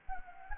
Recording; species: mosquito wingbeat signal from an infrared sensor; Anopheles gambiae